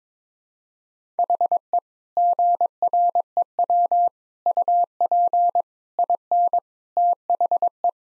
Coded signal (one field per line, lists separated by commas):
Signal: Morse code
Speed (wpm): 22 wpm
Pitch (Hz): 700 Hz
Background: none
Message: HE GREW UP IN THE